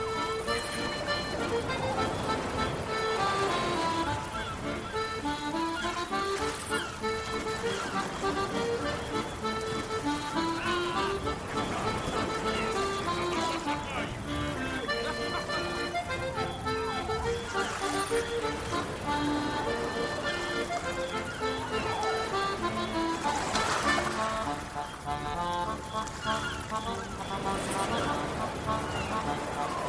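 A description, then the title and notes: Accordion music fills a pirate tavern, its reedy melody weaving up and down over sustained chords at a steady, even volume. Beneath it runs a low, constant murmur of voices and room noise, with a few brief brighter bursts around ten, eighteen and twenty-four seconds. Pirate tavern | island village ambience | sea shanty. Accordion music.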